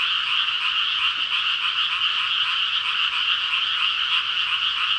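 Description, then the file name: Frogs calling together in a thick chorus, rapid pulsed croaks merging into a constant shrill drone with no pauses. "ENV frog 200705"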